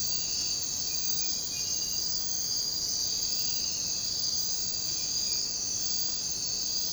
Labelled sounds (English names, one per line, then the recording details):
none
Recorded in secondary vegetation near Puerto Asís, Putumayo, Colombia, on 13 March 2025 at 04:00
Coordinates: 0.484, -76.319
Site G010